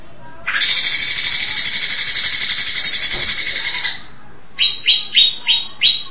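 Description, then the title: Greater Green Leafbird song: a loud, rasping, pulsed buzz lasting over three seconds, followed by five clipped, bright notes in quick succession. "Cucak ijo"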